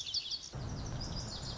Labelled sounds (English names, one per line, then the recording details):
Lazuli Bunting
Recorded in Sonoma County, California